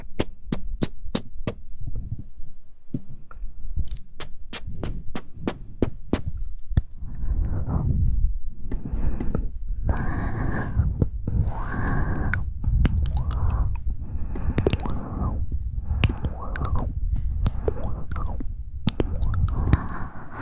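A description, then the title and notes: Mouth sounds: the first seven seconds are a rapid run of sharp wet clicks and pops. After that, soft breathy swells and moist smacking sounds repeat every second or two over a low, muffled rumble. A few faint clicks continue throughout. ASMR Tingly Mouth Sounds & Hand Movements.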